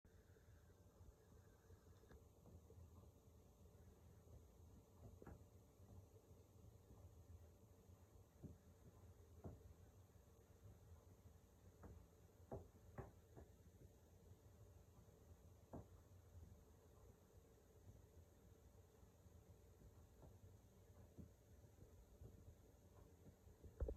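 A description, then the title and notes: Two cats' tails swoosh and knock against a window shade, giving short sharp taps at irregular moments, clustered around the middle and thinning toward the end. A steady low rumble runs underneath throughout, with a faint constant hiss above. Two cats in a window behind the window shade, viciously swooshing and knocking with their tails to let all who can hear they are on the case!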